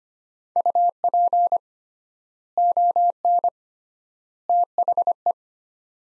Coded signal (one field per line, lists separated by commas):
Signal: Morse code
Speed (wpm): 25 wpm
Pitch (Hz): 700 Hz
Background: none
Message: UP ON THE